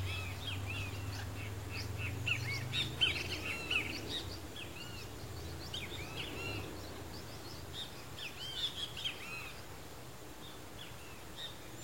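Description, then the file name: Rusty-margined flycatcher singing, a run of short arched, slurred whistled notes repeated irregularly, with a low hum underneath. "canto do bentevizinho de asa ferruginea"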